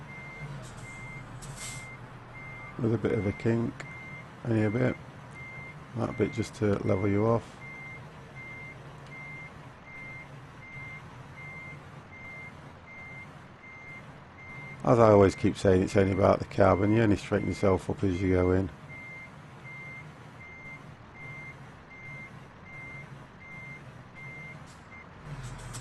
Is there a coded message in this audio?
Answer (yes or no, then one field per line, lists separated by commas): no